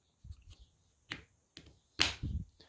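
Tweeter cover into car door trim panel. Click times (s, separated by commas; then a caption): 1.1 s, 2.0 s. A speaker tweeter cover is pressed with light finger pressure into its round mount in the plastic door trim of a BMW E92 until its edges pop in. Sharp snaps are heard at 1.1 s and 2.0 s, with fainter clicks around them. The grille is seated in the door trim.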